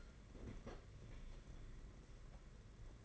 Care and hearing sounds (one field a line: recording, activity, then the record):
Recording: daily activity, microphone in the room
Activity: open fridge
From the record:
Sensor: 4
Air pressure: 992.7 hPa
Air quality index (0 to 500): 166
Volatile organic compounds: 223 ppm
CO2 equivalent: 4286 ppm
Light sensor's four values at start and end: 19/65/24/25 and 19/64/24/25